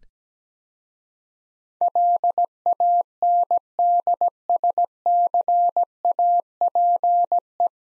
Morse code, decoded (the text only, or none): LANDSCAPE